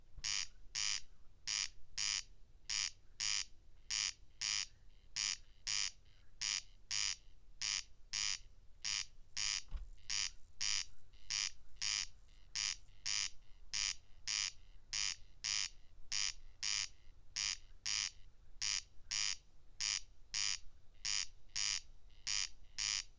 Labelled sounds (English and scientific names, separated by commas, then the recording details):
Corn Crake (Crex crex) song
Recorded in the wild
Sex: male
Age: adult
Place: Schwedt/Oder, Nationalpark Unteres Odertal, Brandenburg, DE
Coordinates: 53.0384, 14.292
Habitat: meadow
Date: 2020-07-08 22:55
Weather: 11°C, 90% humidity, almost windless
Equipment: Edirol R44, Microtech Gefell MK 250/MV220
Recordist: Frommolt, Karl-Heinz